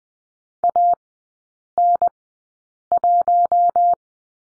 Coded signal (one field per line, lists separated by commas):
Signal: Morse code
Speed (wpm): 20 wpm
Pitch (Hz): 700 Hz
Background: none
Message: AN1